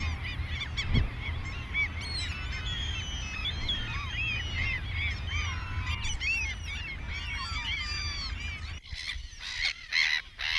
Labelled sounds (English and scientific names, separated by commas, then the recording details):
Mediterranean Gull (Ichthyaetus melanocephalus) call
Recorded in the wild
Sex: female
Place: Langenwerder, Mecklenburg-Vorpommern, DE
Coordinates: 54.027, 11.493
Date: 1969-06-08
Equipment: Nagra III BH, 2 Sennheiser MD 421, Kabel
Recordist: Schubert, Michael